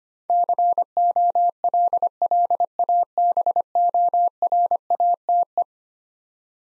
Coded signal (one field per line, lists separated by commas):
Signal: Morse code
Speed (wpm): 25 wpm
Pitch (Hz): 700 Hz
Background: none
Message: COLLABORATE